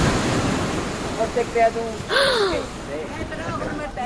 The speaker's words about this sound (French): Voilà la mer. Et quelle mer! Très agitée, elle rugissait et le vent coupait le souffle, plaquait les vêtements contre le corps et soulevait les cheveux du front.